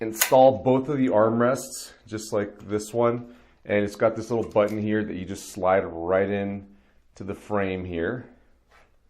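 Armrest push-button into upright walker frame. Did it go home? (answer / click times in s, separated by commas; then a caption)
no / none. An armrest with a small spring push-button is being slid into the metal frame tube of an OasisSpace upright walker while someone talks throughout. Only speech is heard, with no distinct mechanical sound, and nothing has seated or clicked into place yet.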